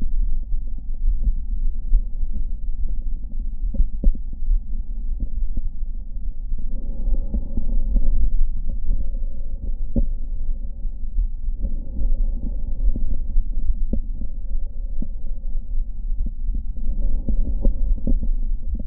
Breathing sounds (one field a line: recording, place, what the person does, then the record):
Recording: lung sounds by stethoscope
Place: left anterior apical chest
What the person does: quiet breathing, then deep breathing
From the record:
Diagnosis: interstitial lung disease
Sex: male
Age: 66 years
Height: 164 cm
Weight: 76.2 kg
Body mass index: 28.3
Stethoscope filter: diaphragm mode